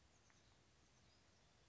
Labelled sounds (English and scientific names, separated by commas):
Oak Titmouse (Baeolophus inornatus)